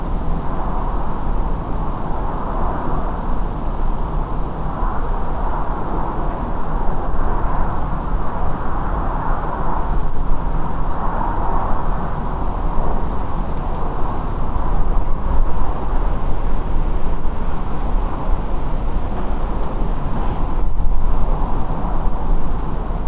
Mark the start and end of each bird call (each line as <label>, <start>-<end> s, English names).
Redwing, 8.55-8.81 s
Redwing, 21.30-21.60 s